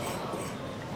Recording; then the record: coughing mixed with background sound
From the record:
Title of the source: 31 night wet cough